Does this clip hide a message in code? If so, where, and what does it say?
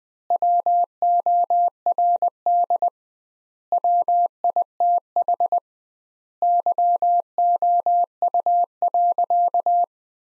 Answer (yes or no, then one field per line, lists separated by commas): yes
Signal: Morse code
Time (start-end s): 0.3-9.8 s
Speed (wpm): 21 wpm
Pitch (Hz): 700 Hz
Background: none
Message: WORD WITH YOU.